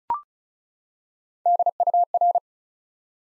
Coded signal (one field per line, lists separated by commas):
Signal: Morse code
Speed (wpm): 36 wpm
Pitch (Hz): 700 Hz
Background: none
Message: DUR